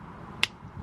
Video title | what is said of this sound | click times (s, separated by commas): Rav4 Prime Giandel 1200W Inverter Install Project Part 9: OEM 120V Outlet Install | all right so push this in and it should snap into place | 0.4 s